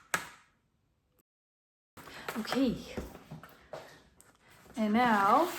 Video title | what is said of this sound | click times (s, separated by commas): Journal Folder Tutorial - Gentleman's Notebook Crafting Printables Kit - Free Measurements | these are satisfying snaps you know | 0.1 s